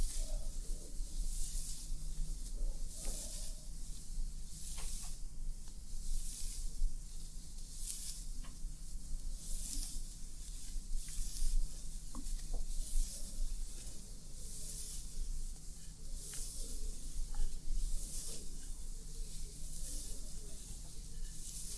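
A scalp treatment with massage and hair wash: rhythmic bright hissing rubs pulse about every second and a half over a low steady hum.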